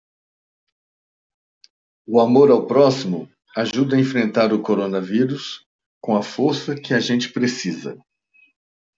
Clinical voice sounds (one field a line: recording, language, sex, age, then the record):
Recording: spoken sentence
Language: Brazilian Portuguese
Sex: male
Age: 50 to 59 years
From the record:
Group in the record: control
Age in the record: 59 years